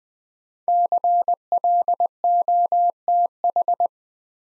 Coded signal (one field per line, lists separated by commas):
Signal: Morse code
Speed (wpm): 20 wpm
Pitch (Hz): 700 Hz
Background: none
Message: CLOTH